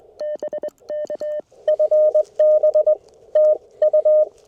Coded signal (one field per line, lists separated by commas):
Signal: Morse code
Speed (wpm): 23 wpm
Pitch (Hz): 600 Hz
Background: none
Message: BK FB TU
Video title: Frosty CW POTA Activation With My 1928 Vibroplex Lightning